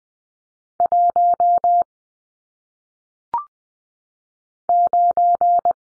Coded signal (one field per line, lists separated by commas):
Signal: Morse code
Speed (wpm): 20 wpm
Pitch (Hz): 700 Hz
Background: none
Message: 1 9